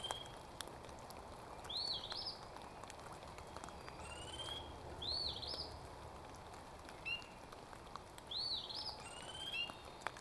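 An outdoor soundscape from the eastern Parry Sound District of Ontario, with a steady low rumble and hiss throughout. A bird repeats a bright, rising-then-falling whistled call about every three seconds, with a few softer chirps and scattered clicks between.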